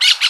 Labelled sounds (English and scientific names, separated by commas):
Brown-throated Parakeet (Eupsittula pertinax) contact call